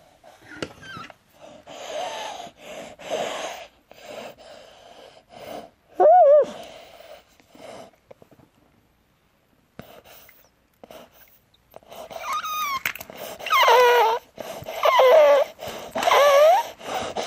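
A young boy wheezing and struggling to breathe at night after swallowing a button battery; a doctor had first diagnosed a viral infection, croup.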